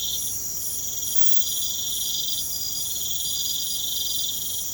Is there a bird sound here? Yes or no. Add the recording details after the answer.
no. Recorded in pastures near Puerto Asís, Putumayo, Colombia, on 29 June 2025 at 01:00. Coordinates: 0.472, -76.331. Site G095